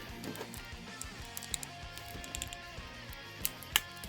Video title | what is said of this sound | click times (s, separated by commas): Kamione SUPER GOGETA TonsenArtToys Dragon Ball Z Action Figure Review! | So, whenever you put them on, you should be able to hear the click. | 3.8 s